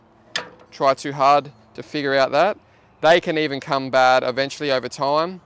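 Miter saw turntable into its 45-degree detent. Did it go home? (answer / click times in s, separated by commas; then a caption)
yes / 0.4 s. A drop saw's miter table is swung to its fixed 45-degree stop and locks in place, giving a short, sharp ratchet-like click at 0.4 s. Someone talks through the rest of the clip.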